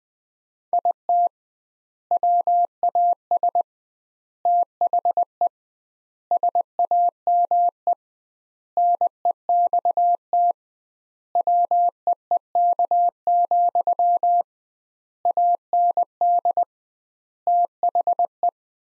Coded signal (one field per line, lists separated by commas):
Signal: Morse code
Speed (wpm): 20 wpm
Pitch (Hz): 700 Hz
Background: none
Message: IT WAS THE SAME NEXT WEEK, AND THE